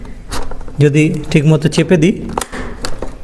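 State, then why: Seated. A plastic lock tab on a plastic dining table leg is pressed firmly into its slot in the tabletop frame while someone talks. A sharp click sounds at 2.8 s as the lock catches and the leg is seated and fitted.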